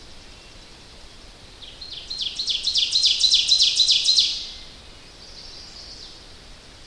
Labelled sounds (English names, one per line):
Ovenbird song